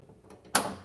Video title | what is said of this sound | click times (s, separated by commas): Cornfield Customs is live! | It sounds like that one just snapped in over there. | 0.6 s